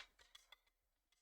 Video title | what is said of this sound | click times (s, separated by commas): Build The Spitfire Issue 100 | make sure it clicks in | 0.4 s, 0.5 s